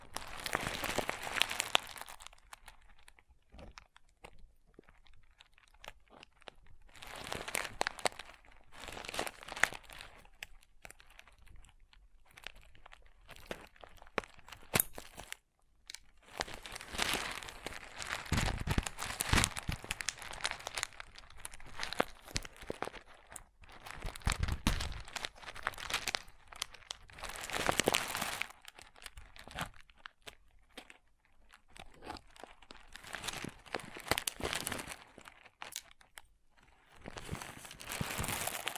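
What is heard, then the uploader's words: Crunchy slime being squeezed and pressed, giving bursts of crackling, crinkly crunches that come in uneven clusters every few seconds. Loud stretches around 2–4, 8, 17–21 and 27–29 seconds alternate with quieter pauses, with a brief silence near 15 seconds. ASMR Satisfying Crunchy Slime (No Talking).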